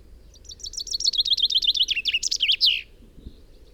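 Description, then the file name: Common chaffinch song: a rapid trill of bright notes ending in a flourish, about two and a half seconds long. "Fringilla coelebs"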